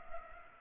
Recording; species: mosquito wingbeat signal from an infrared sensor; Culex pipiens